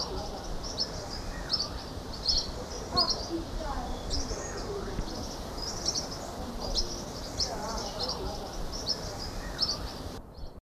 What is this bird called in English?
Spectacled Parrotlet